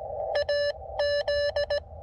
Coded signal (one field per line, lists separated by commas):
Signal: Morse code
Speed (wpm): 16 wpm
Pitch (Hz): 590 Hz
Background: none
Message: AZ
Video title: SOTA 360 Part 3 - Activating Twin Peaks